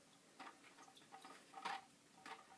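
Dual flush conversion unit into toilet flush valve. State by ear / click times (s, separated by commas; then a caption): not seated / none. The plastic Fluidmaster DuoFlush dual flush conversion unit is lined up right above the yellow alignment arrow on the toilet flush valve before it is pushed in. Only a few light plastic ticks and taps are heard, around 0.4, 1.2, 1.7 and 2.3 seconds. Nothing has seated or clicked yet.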